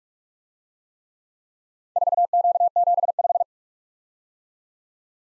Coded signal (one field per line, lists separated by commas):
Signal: Morse code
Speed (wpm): 43 wpm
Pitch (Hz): 700 Hz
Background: none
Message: 4Q75